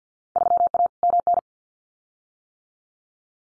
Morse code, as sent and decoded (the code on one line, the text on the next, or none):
...-- .- / -- -.
3A MN